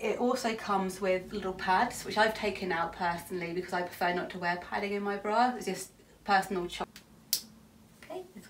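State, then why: Seated. Someone talks, then fastens the plastic nursing clip on a maternity bra strap, which clicks shut with a sharp click at 7.3 s. The clip is seated and holds sturdy.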